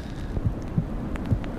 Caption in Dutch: Baarmoedergeluiden. Dus je hoort een hartslag en geluiden vanuit de baarmoeder.